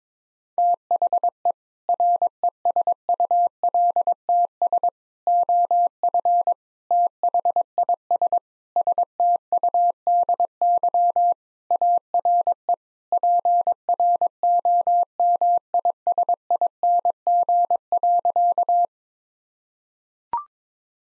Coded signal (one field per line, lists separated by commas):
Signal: Morse code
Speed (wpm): 22 wpm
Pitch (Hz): 700 Hz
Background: none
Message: THE RESULTS OF THIS STUDY ARE PROMISING.